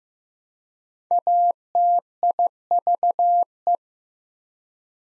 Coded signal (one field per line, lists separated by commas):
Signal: Morse code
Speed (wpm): 16 wpm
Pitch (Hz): 700 Hz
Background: none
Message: ATIVE